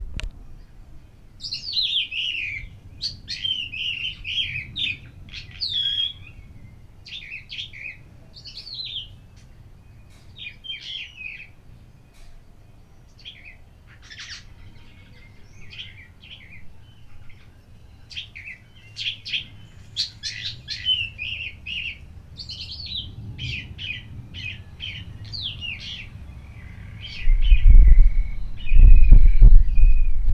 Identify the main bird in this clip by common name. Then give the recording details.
Sooty Chat. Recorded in Lake Mburo, Uganda